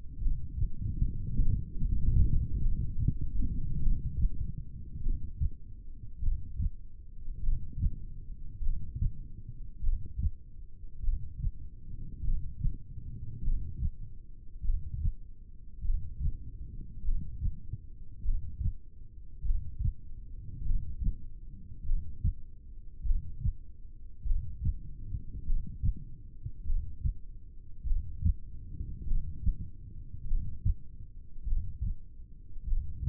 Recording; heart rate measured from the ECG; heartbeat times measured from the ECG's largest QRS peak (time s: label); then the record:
heart sounds by stethoscope; 50 bpm
0.23 s: heartbeat
1.44 s: heartbeat
2.64 s: heartbeat
3.84 s: heartbeat
5.04 s: heartbeat
6.24 s: heartbeat
7.44 s: heartbeat
8.65 s: heartbeat
9.85 s: heartbeat
11.05 s: heartbeat
12.26 s: heartbeat
13.46 s: heartbeat
14.66 s: heartbeat
15.86 s: heartbeat
17.06 s: heartbeat
18.26 s: heartbeat
19.47 s: heartbeat
20.67 s: heartbeat
21.87 s: heartbeat
23.07 s: heartbeat
24.27 s: heartbeat
25.48 s: heartbeat
26.68 s: heartbeat
27.88 s: heartbeat
29.08 s: heartbeat
30.29 s: heartbeat
31.49 s: heartbeat
32.69 s: heartbeat
From the record:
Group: heart failure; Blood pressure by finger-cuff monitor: 117/65 mmHg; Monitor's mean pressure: 83 mmHg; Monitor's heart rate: 50 bpm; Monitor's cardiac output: 4.5 L/min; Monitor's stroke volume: 90 mL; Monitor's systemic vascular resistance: 1350 dyn s/cm5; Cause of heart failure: cardiac sarcoid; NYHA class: 1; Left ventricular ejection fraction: 39%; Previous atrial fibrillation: present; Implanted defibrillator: present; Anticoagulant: apixaban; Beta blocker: carvedilol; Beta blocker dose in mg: 50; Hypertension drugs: ramipril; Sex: male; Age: 79 years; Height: 184 cm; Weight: 92.5 kg